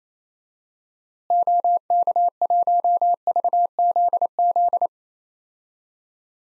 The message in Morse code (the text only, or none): OK1VZZ